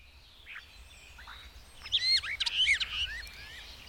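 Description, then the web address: Bird song of soft slurred notes building into a rapid, jumbled run of bright chirps and whistles, with a quiet low background hum. "madarak enek"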